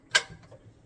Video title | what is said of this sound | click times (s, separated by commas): EENOUR Double Tumbler Press - Sublimate TWO Tumblers AT THE SAME TIME! - Unboxing Video and Sale | it clicks into place that's really neat | 0.2 s